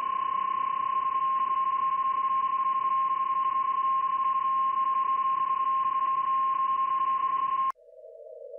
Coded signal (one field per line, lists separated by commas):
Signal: PSK31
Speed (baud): 31.25 baud